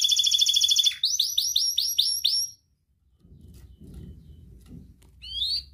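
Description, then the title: Atlantic canary song: a rapid high rolling trill, then a series of rising chirps that stop abruptly. A short silence and low rumbling follow, and a brief bright phrase comes back at the end. Energetic, fully vocal canary song ('gacor') from Indonesian songbird keeping, praised for its finest melodic turns ('cengkok') and most lavish fill-in phrases ('isian'). "Kenari Gacor Cengkok Terbaik Isian Paling Mewah"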